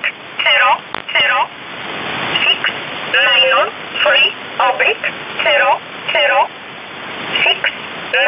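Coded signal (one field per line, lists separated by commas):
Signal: numbers station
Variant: E11 Oblique, English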